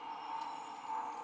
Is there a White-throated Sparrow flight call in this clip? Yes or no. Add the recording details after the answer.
no. No flight call is heard. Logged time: 21:54 on 19 December 2014